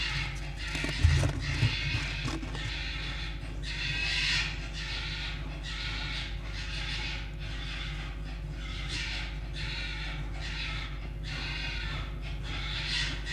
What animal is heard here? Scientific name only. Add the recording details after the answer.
Vulpes vulpes. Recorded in captivity. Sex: group. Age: adult. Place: Zoologisches Institut der HUB, Berlin, DE. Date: 1956-02-22 15:25. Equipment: Elmetra. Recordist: Tembrock, Günter. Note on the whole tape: Band F 241a: Jau: Drohschrei (gegen Jupp); Jupp: Stoßschrei; Fiffi (Sprödigkeit): Knurren (offen und geschlossen). Aufnahme geschnitten, Netzbrummen und Knistern